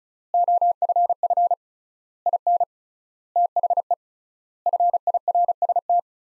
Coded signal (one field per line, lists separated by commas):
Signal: Morse code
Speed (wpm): 34 wpm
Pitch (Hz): 700 Hz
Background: none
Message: OFF IN THE FIRST